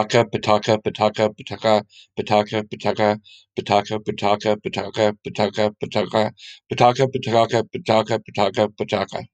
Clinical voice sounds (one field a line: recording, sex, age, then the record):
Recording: repeated syllables /pa ta ka/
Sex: male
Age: 40 to 49 years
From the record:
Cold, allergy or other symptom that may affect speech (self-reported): no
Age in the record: 48 years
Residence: California, United States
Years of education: 18